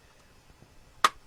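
A plastic electronics cover on the frame of an Ender 3 3D printer is worked open by hand. After about a second of faint low handling sounds, a single loud, sharp snap rings out at 1.0 s as the cover pops free and opens.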